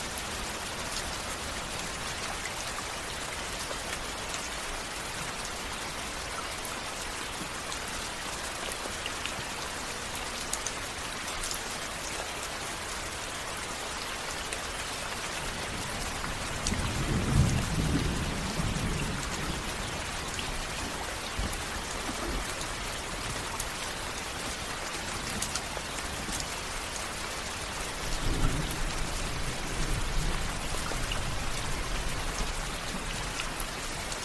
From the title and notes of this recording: Heavy Rain With Thunder Sounds On A Tent Roof In The Forest At Night.